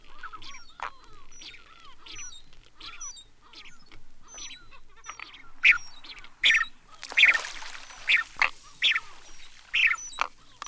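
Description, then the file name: Steamer duck calls: a run of soft curved mewing notes, then repeated loud harsh squawks, with faint high whistles throughout. "Ian J. Strange - Steamer Ducks"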